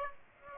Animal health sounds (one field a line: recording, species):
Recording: mosquito wingbeat signal from an infrared sensor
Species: Aedes aegypti